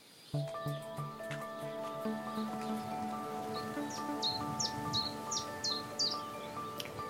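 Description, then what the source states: Common Chiffchaff song: a run of several short, sharp notes over a sustained droning musical tone and low hum. Song is a very mechanical 'dink, dink, dink'; first summer migrant heard singing each year, though not always the first to arrive; recorded in spring 2020.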